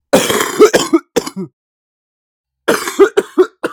Human cough.